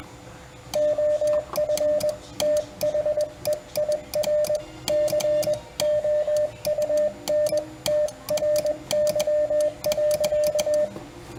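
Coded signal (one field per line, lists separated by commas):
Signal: Morse code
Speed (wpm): 19 wpm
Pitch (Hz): 600 Hz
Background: radio noise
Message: OF THEIR COUNTRY.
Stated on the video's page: Demonstration of four Begali Sculpture keying instruments: Galaxy, Mono, Arrow, Swing.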